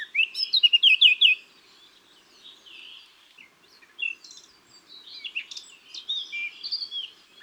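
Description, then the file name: Eurasian blackcap song: a loud burst of rapid repeated notes at the start, followed by quieter, varied warbling phrases over faint background noise. "Sylvia atricapilla"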